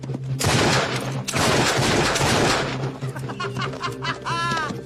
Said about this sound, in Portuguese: Nove homens foram mortos ontem por volta do meio-dia após uma troca de tiros entre Henry Hill, 45 anos, de Lincoln, e o que os populares chamam de garoto.